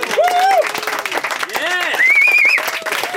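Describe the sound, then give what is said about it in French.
Steady, loud audience applause fills the whole stretch, a dense patter of many hands clapping, with a few rising whoops and cheering voices over it. “Hey, vous savez qu'il y a une personne qui n'a pas applaudi à part moi, évidemment”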